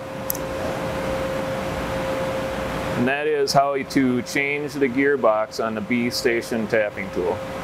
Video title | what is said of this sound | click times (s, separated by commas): How to Change the Gearbox for B Station QuickTap® from Wilson Tool | and push down on the stripper until it clicks | 0.3 s, 0.4 s